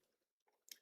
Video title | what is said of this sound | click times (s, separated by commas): LEGO HAND CAM pt. 2, DSA Nightmare, Women's Suffrage REACT | And I think Okay. Yeah. I just wanted me to snap it on. | 0.7 s